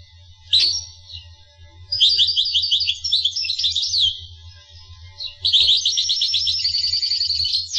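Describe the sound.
Finch song: a single short note, then a twittering phrase, then a long rapid trilled chatter, all above a steady low background hum.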